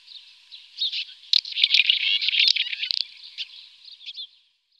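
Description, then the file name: Red-rumped swallow giving rapid chattering calls, starting soft, swelling into a busy mix of clicks and warbles midway, then fading to quiet. "golondrina daurica"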